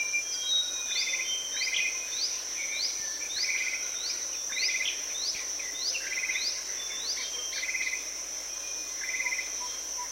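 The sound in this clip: Joyful greenbul calls, a run of upward-hooked notes with short buzzy notes between them, over a continuous high-pitched insect drone.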